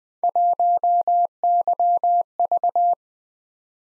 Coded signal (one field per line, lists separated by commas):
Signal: Morse code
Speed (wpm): 20 wpm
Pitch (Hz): 700 Hz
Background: none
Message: 1YV